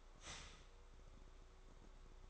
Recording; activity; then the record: daily activity, microphone in the room; start toaster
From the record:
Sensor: 3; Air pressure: 1004.2 hPa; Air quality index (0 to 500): 201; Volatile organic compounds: 15 ppm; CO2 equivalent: 2518 ppm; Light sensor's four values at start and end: 4/11/4/4 and 4/11/4/4